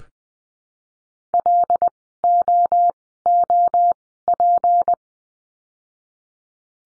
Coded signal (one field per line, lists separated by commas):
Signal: Morse code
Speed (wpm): 20 wpm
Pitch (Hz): 700 Hz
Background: none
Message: LOOP